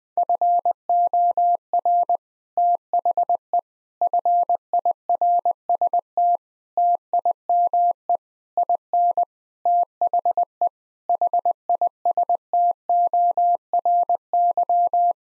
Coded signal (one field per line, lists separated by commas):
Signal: Morse code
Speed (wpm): 20 wpm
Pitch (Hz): 700 Hz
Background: none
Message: FOR THE FIRST TIME IN THE HISTORY